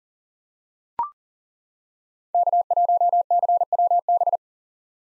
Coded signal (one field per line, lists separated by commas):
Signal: Morse code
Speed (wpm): 37 wpm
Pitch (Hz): 700 Hz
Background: none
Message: K1CWB